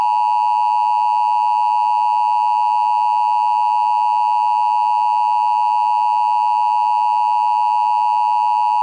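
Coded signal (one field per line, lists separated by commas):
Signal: Emergency Alert System (SAME) tones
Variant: 853 and 960 Hz attention tone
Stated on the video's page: Fan-made remake of a Verizon FiOS EAS failure, built from audio mixes and splices; not a real alert.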